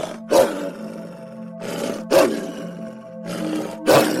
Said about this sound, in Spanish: Perdí las esperanzas de salir con vida de allí, cuando, por el único camino posible, una hambrienta loba gruñía en busca de alimento.